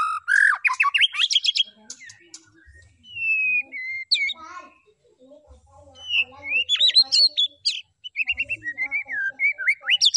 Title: PANCINGAN MEWAH MURAI BATU GACOR, SEKALI DENGAR AMPUH LANGSUNG RESPON